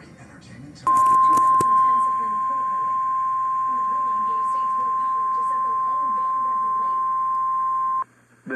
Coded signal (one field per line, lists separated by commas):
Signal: Emergency Alert System (SAME) tones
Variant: 1050 Hz attention tone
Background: speech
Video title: A Slight Bust. EAS alerts from June 9, 2025